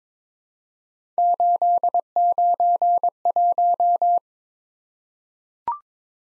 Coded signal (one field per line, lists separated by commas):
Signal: Morse code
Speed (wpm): 22 wpm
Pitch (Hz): 700 Hz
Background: none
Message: 891